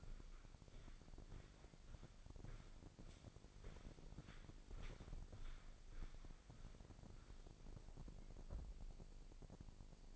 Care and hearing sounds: daily activity, microphone in the room; walk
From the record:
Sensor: 5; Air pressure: 1009.4 hPa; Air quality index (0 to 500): 150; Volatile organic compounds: 2 ppm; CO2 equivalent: 1155 ppm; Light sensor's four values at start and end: 361/862/371/412 and 360/859/370/411

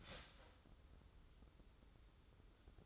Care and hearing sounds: daily activity, microphone in the room; start toaster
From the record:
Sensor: 3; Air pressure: 994.3 hPa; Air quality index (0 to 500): 200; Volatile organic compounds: 1000 ppm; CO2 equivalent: 6621 ppm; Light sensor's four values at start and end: 187/449/190/189 and 187/449/190/189

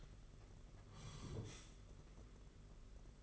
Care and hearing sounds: daily activity, microphone in the room; sit down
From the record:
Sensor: 4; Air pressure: 992.5 hPa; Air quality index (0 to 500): 118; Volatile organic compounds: 27 ppm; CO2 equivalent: 2897 ppm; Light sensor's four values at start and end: 20/72/26/27 and 20/72/26/28

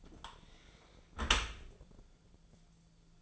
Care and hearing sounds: daily activity, microphone in the room; close dishwasher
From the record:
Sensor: 5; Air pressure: 1000.6 hPa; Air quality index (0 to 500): 154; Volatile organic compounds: 2 ppm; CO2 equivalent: 1184 ppm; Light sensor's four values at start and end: 42/95/41/44 and 42/94/41/44

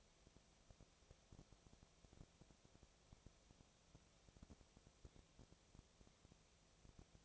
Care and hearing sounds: daily activity, microphone in the room; no activity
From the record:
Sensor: 1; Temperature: 19.6 degrees Celsius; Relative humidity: 36.5%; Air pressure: 997.1 hPa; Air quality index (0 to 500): 204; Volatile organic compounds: 129 ppm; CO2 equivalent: 3923 ppm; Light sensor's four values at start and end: 1/2/1/1 and 1/2/1/1

